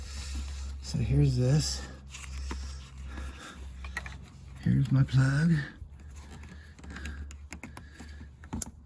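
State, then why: Seated. A wireless remote harness plug is pushed into the factory winch wiring connector on a Polaris Sportsman XP Touring ATV while someone talks. Handling clicks and rustles lead up to a sharp plastic snap at 8.6 s as the connector seats home.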